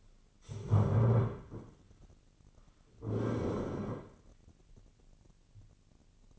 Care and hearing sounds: daily activity, microphone in the room; stand up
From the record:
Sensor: 4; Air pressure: 1010.0 hPa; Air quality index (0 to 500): 192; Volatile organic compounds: 3 ppm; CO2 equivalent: 1385 ppm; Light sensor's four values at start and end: 40/97/40/44 and 39/96/40/43

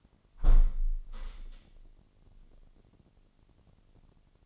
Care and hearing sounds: daily activity, microphone in the room; close window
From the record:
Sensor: 4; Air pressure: 998.7 hPa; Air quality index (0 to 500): 113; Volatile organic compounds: 2 ppm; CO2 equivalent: 1112 ppm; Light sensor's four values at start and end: 10/24/9/10 and 10/24/9/10

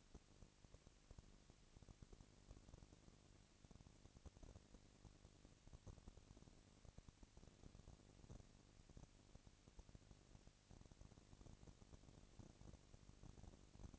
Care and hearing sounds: daily activity, microphone in the room; no activity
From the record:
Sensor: 4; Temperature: 22.3 degrees Celsius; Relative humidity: 31.9%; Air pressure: 998.0 hPa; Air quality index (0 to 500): 203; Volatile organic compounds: 17 ppm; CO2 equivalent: 2570 ppm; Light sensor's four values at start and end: 2/3/1/1 and 2/3/1/1

